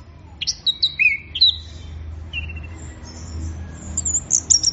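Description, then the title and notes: Orange-headed thrush song, a few clear slurred whistles dropping in pitch, followed by thin high notes at the close. Bird in full song, called gacor in Indonesian, used for training songbirds. "Anis Merah Gacor Teler. Kumpulan Suara Burung Anis"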